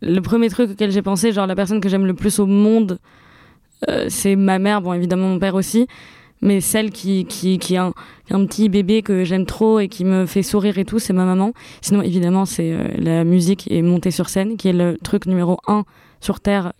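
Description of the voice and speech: Adult woman speaking French, born with a cleft palate. Nasal air emission from velopharyngeal insufficiency: a muscle that should stop air passing into the nose works poorly, so an audible rubbing noise of air escaping through the nose is heard as she speaks.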